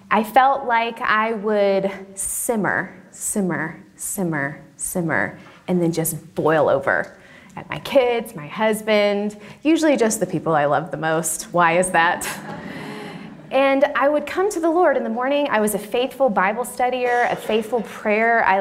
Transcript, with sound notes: I felt like I would simmer, simmer, simmer, simmer, and then just boil over—at my kids, my husband, usually just the people I loved the most. Why is that? (laughter) And I would come to the Lord in the morning. I was a faithful Bible studier, a faithful pray-er.